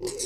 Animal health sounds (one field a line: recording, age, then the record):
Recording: pig call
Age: weaner (32 to 43 days)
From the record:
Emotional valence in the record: negative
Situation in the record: novel object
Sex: female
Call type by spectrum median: high-frequency call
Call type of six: high-frequency stable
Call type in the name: high-frequency stable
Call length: 0.26 s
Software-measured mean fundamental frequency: 393 Hz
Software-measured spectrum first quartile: 397 Hz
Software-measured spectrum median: 2937 Hz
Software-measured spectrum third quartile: 7091 Hz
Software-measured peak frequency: 373 Hz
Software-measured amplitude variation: 132 dB a second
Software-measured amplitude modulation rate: 15.3 a second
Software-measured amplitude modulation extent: 8.6 dB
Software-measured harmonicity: 5.0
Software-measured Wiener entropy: -3.54